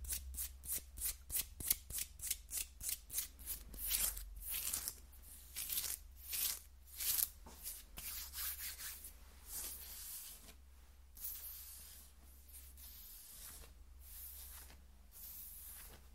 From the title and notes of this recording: ASMR Skin Scratching 1 Hour (No Talking).